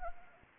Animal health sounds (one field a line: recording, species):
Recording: mosquito wingbeat signal from an infrared sensor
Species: Anopheles arabiensis